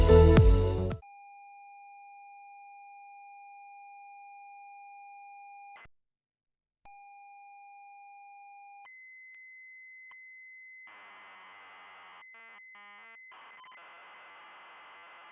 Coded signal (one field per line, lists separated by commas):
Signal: ZX Spectrum tape loading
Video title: ZX Spectrum MIA Preview / Episode 5 / Pot-Pourri - JRS Software